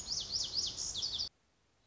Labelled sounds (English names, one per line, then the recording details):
Lazuli Bunting
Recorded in Sonoma County, California